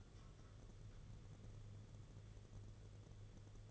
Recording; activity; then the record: daily activity, microphone in the room; take from stove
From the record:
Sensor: 4